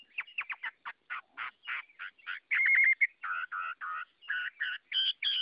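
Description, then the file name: Chinese hwamei singing a varied run of short harsh notes and warbles. Song in the forest-voice style (giọng rừng). "Tieng hoa mi hot giong rung"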